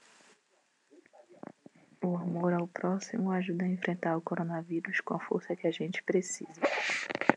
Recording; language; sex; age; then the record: spoken sentence; Brazilian Portuguese; female; 30 to 39 years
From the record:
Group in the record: control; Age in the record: 38 years